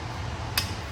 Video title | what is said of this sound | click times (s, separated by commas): Basic Maintenance for the Evolution Series | thread it back on until you hear the snap of the red lock collar. | 0.6 s